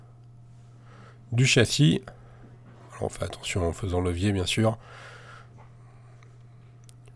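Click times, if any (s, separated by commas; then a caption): 6.2 s, 6.9 s. Someone talks while the clipped-in dock (charging port) module of an Asus Zenfone 2 Laser (ZE500KL) is levered out of the phone's plastic chassis. Short, sharp clicks at 6.2 s and 6.9 s mark the clips letting go, and the dock module pops free of the chassis.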